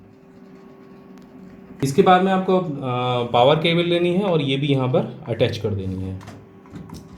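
A SATA data cable for the hard disk or DVD drive is pushed into the SATA port on a motherboard, and a faint click at 1.2 s marks it latching into place by itself. Someone then talks from about 1.8 s to 6.3 s, and a few small taps and clicks follow near the end. The cable is seated.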